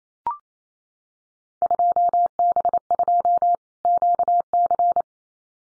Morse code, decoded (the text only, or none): 2B2 QC